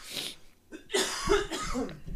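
An adult man having a coughing fit.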